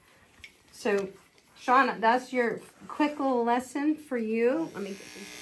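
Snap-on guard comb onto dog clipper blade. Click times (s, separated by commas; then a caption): 0.4 s. A plastic snap-on guard comb, centered on a dog clipper blade, is pulled forward and locks into place on the clipper. It seats with a short, sharp tick at 0.4 s, and then someone talks over a faint steady buzz.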